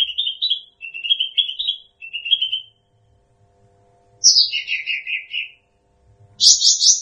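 Bird song of short repeated trilled phrases, a pause, then a high descending buzzy phrase and another loud trill.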